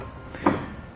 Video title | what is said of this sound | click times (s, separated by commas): etrailer - Installing the Roadmaster Crossbar-Style Base Plate Kit on your 2007 Jeep Wrangler | and your tab is locked into place. | 0.5 s